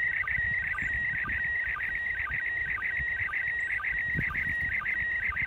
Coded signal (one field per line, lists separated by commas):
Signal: SSTV (slow-scan television)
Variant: PD 120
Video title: Saturday SSTV ARISS Using A HT And Arrow Antenna